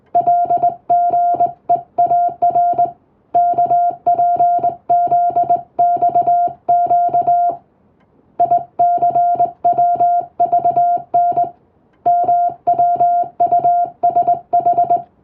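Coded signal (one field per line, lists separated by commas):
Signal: Morse code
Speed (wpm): 21 wpm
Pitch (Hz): 700 Hz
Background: music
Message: LGEAR KPZXQ ICWVN MWUSH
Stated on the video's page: English-text Morse practice sent with a telegraph key by a first-class radiotelegraph operator, using a telegram practice book; playback speed adjustable for practice.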